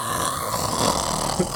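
A harsh, rumbling, continuous snore-like roar, imitated by an adult man to show his own very loud, bear-like snoring, which lasts all night, about 8 hours straight with no interruptions.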